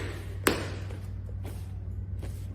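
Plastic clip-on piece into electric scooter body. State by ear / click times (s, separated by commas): seated / 0.5 s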